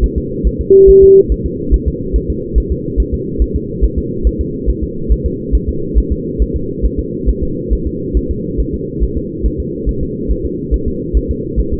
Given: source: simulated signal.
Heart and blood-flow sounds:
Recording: fetal heart sounds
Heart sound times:
0.04 s: S1
0.18 s: S2
0.47 s: S1
0.61 s: S2
0.90 s: S1
1.04 s: S2
1.32 s: S1
1.46 s: S2
1.74 s: S1
1.88 s: S2
2.16 s: S1
2.30 s: S2
2.58 s: S1
2.72 s: S2
3.00 s: S1
3.14 s: S2
3.42 s: S1
3.56 s: S2
3.85 s: S1
3.98 s: S2
4.27 s: S1
4.41 s: S2
4.70 s: S1
4.84 s: S2
5.12 s: S1
5.26 s: S2
5.55 s: S1
5.69 s: S2
5.98 s: S1
6.12 s: S2
6.42 s: S1
6.56 s: S2
6.85 s: S1
6.99 s: S2
7.29 s: S1
7.43 s: S2
7.73 s: S1
7.87 s: S2
8.17 s: S1
8.31 s: S2
8.60 s: S1
8.74 s: S2
9.03 s: S1
9.17 s: S2
9.46 s: S1
9.60 s: S2
9.89 s: S1
10.03 s: S2
10.31 s: S1
10.45 s: S2
10.74 s: S1
10.88 s: S2
11.17 s: S1
11.31 s: S2
11.60 s: S1
11.73 s: S2
From the record:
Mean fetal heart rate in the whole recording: 140 bpm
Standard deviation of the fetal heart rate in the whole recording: 2 bpm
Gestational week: 34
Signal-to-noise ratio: -6.6 dB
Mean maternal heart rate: 72 bpm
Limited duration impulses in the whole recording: present

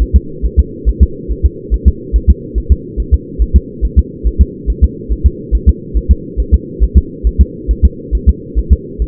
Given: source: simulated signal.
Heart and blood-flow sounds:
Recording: fetal heart sounds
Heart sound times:
0.02 s: S1
0.16 s: S2
0.45 s: S1
0.59 s: S2
0.89 s: S1
1.03 s: S2
1.31 s: S1
1.46 s: S2
1.74 s: S1
1.88 s: S2
2.16 s: S1
2.30 s: S2
2.58 s: S1
2.72 s: S2
3.00 s: S1
3.14 s: S2
3.42 s: S1
3.56 s: S2
3.85 s: S1
3.99 s: S2
4.27 s: S1
4.41 s: S2
4.70 s: S1
4.84 s: S2
5.12 s: S1
5.26 s: S2
5.55 s: S1
5.69 s: S2
5.97 s: S1
6.11 s: S2
6.40 s: S1
6.54 s: S2
6.84 s: S1
6.97 s: S2
7.27 s: S1
7.41 s: S2
7.71 s: S1
7.85 s: S2
8.15 s: S1
8.29 s: S2
8.59 s: S1
8.73 s: S2
9.02 s: S1
From the record:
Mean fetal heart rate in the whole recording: 140 bpm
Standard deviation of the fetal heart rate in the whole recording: 2 bpm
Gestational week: 34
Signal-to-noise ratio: -4.3 dB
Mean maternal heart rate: 72 bpm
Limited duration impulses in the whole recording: absent

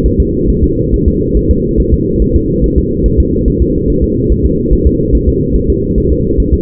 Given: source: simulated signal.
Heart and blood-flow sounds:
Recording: fetal heart sounds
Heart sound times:
0.06 s: S1
0.20 s: S2
0.50 s: S1
0.64 s: S2
0.94 s: S1
1.08 s: S2
1.37 s: S1
1.51 s: S2
1.80 s: S1
1.94 s: S2
2.22 s: S1
2.36 s: S2
2.64 s: S1
2.78 s: S2
3.06 s: S1
3.20 s: S2
3.48 s: S1
3.62 s: S2
3.90 s: S1
4.04 s: S2
4.32 s: S1
4.46 s: S2
4.73 s: S1
4.87 s: S2
5.15 s: S1
5.29 s: S2
5.56 s: S1
5.70 s: S2
5.98 s: S1
6.12 s: S2
6.40 s: S1
6.54 s: S2
From the record:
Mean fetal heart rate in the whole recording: 140 bpm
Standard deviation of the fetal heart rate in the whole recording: 2 bpm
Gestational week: 34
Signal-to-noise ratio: -10.2 dB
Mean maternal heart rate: 72 bpm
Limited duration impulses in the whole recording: present

